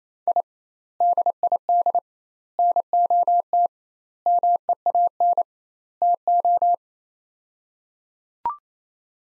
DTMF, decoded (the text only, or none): none